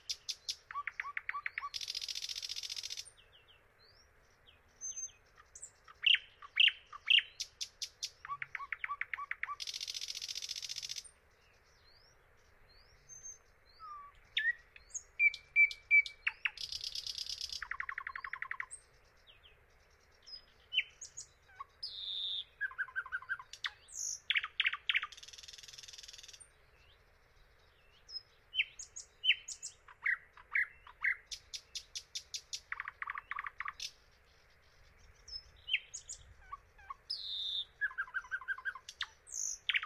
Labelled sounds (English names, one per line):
Thrush Nightingale song